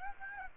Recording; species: mosquito wingbeat signal from an infrared sensor; Aedes aegypti